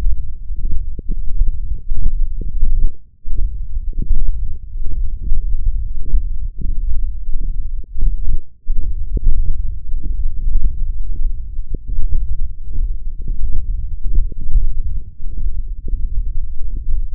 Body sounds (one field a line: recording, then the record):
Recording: forearm muscle sounds (acoustic myography)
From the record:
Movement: hand closing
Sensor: system 1, eight BSWA MPA416 microphones around the upper forearm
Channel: 6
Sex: male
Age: 21 years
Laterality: right